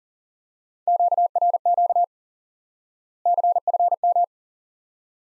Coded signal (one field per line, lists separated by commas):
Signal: Morse code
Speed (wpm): 39 wpm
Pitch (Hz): 700 Hz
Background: none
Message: QRQ CFM